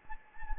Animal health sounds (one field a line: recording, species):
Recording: mosquito wingbeat signal from an infrared sensor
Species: Anopheles gambiae